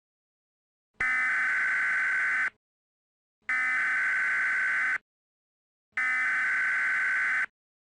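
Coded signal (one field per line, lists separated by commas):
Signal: Emergency Alert System (SAME) tones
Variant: header bursts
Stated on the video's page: Mock EAS alert, not a real broadcast.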